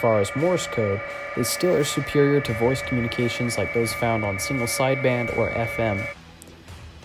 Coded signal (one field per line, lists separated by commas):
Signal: PSK31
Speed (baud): 31.25 baud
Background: speech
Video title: Amateur Radio Capabilities